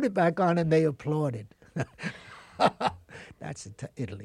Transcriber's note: laughing